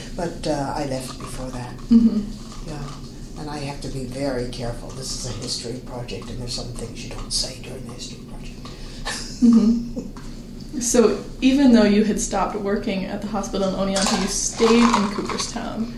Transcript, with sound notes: I left before that and I have to be very careful, this is a history project and there are some things you just don't say during a history project.
Mhmm. [Laughs] So even though you had stopped working at the hospital in Oneonta you stayed in Cooperstown...